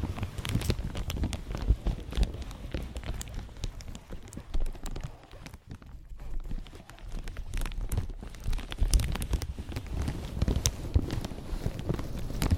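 Gentle crinkling, made of dense, irregular crackles and sharp little snaps that reach up into bright hiss, over a soft low rumble. The handling stays fairly steady, easing off into a quieter lull around the six-second mark before picking back up.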